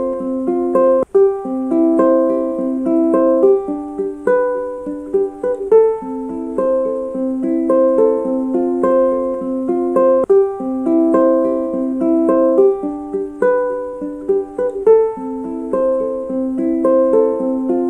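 A ukulele is picked in a steady, repeating pattern of bright, ringing notes, each one sounding clearly before fading into the next. The phrase cycles evenly throughout.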